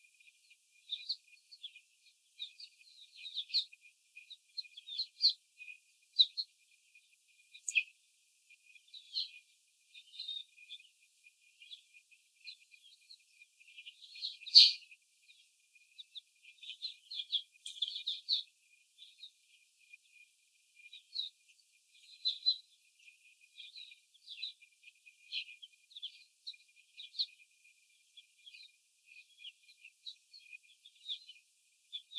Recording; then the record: young laying hens in a cage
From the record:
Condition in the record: before the stressor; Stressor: simulated dog barking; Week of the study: 4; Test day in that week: 3